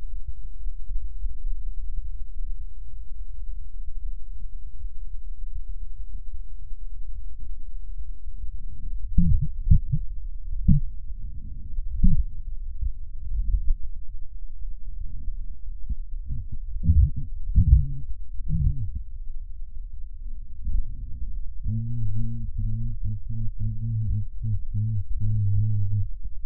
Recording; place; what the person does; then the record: lung sounds by stethoscope; left posterior basal chest; quiet breathing, then cough and speech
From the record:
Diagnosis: none (healthy); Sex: male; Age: 35 years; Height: 186 cm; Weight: 108 kg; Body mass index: 31.2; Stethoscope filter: bell mode